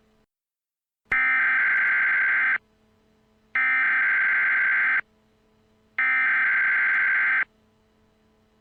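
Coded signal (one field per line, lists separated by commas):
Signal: Emergency Alert System (SAME) tones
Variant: header bursts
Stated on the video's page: Fictional EAS scenario recreation about the moon on a collision course with Earth.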